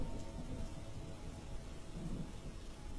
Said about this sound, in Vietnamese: Trời mưa càng dữ dội, tiếng ào ào đổ xuống mái tôn làm cho tôi và thằng Nam Cận chẳng tài nào ngủ nổi